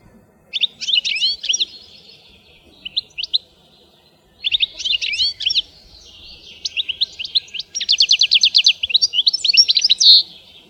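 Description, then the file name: European goldfinch song, lively twittering bursts of liquid high notes and fast trills, repeated in several phrases with brief gaps. "schegol"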